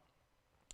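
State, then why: Seated. An interlocking Perception Neuron 3 sensor charging dock is snapped onto an adjacent dock, which interlocks so one or three kits can be charged. After a quiet lead-in, a single sharp tick sounds at 0.7 s as the docks lock together, and the dock is seated.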